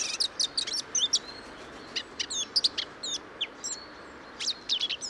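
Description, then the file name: Eurasian blackcap, bright clipped chirps and curling whistled notes in small clusters, then a quieter gap before a final burst of rapid high notes. "Sylvia atricapilla"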